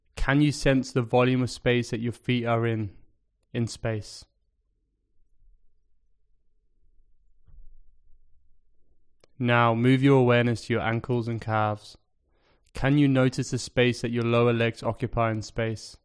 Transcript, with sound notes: Can you sense the volume of space that your feet are in... in space? [Pause 5 seconds] Now move your awareness to your ankles and calves. Can you notice the space that your lower legs occupy in space?